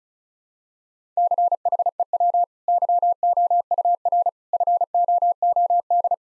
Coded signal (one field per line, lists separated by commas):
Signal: Morse code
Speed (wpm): 34 wpm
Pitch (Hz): 700 Hz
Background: none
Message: CHEW YOUR FOOD